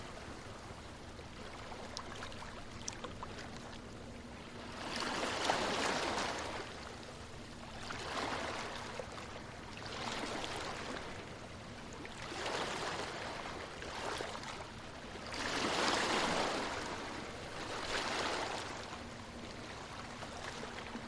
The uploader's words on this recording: Slow Ocean Waves On An Exotic Island. The gentle sounds of the ocean and the soothing tones of the beach. The gentle lapping of water against the sand.